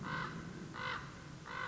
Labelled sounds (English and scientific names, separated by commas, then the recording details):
Common Raven (Corvus corax)
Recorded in Sonoma County, California